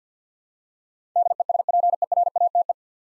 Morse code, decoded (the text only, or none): DESPERATE